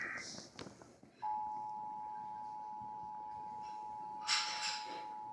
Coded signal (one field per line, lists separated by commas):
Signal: Emergency Alert System (SAME) tones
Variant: 853 and 960 Hz attention tone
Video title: EAS Alert - Severe Thunderstorm Warning 7/23/16